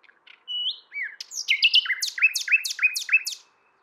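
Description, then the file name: Common nightingale song: a short phrase of clear whistles leading into a quick series of sharp, repeated chirps, about six in a row. "Luscinia megarhynchos"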